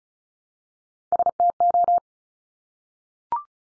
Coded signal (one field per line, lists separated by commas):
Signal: Morse code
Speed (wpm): 36 wpm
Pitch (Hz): 700 Hz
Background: none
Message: STO